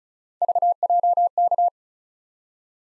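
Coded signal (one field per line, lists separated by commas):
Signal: Morse code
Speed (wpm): 40 wpm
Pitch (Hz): 700 Hz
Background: none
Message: VJK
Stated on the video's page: Morse practice of three-character letter-number combinations, starting fast and slowing to a base speed, the fastest being 1.5 times the slowest, with a final repeat at maximum speed.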